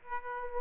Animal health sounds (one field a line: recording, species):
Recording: mosquito wingbeat signal from an infrared sensor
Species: Aedes aegypti